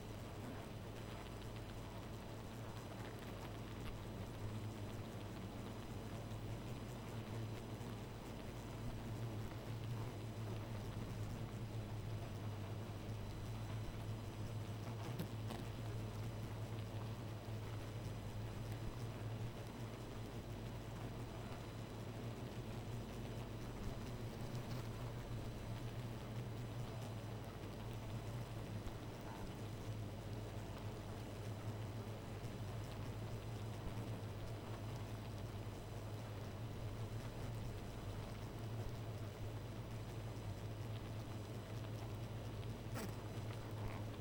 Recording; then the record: honeybee colony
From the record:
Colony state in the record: missing queen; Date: 14 July 2017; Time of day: 2:44